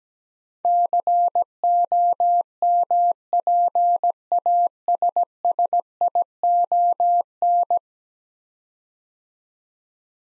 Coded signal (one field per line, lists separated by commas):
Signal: Morse code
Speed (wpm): 17 wpm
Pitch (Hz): 700 Hz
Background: none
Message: COMPASSION